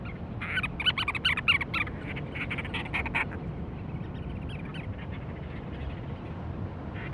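Cape Verde storm petrel giving a quick run of harsh pulsed chatters in the first three seconds, then mostly a constant low rumbling background.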